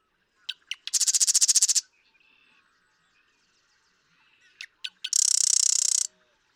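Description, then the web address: Marsh Wren giving two mechanical, rattling trill songs, each led by a few sharp ticks, with a long quiet pause between. "birdsongforthecurious songs Marsh Wren"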